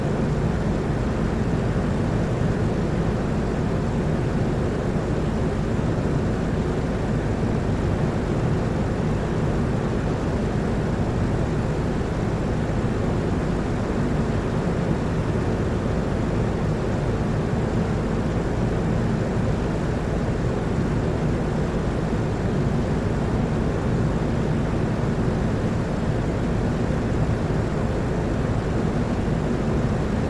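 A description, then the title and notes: A loud fan runs without pause, a dense, steady rush weighted toward the low end with a deep hum beneath it. The level holds perfectly even for the full half minute, with no changes or separate events, like engine noise heard from inside a cabin. Loud Fan Noise for Sleeping or Studying.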